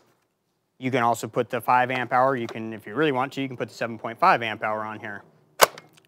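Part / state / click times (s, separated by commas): battery pack into string trimmer battery mount / seated / 5.6 s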